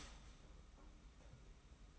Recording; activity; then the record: daily activity, microphone in the room; start toaster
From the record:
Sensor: 1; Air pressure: 991.6 hPa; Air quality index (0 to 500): 171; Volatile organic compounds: 1000 ppm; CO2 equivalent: 6456 ppm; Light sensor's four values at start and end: 33/109/42/43 and 33/109/42/43